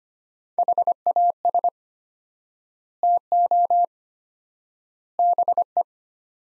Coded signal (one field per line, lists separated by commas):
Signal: Morse code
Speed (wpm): 25 wpm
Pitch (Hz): 700 Hz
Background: none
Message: HAS TO BE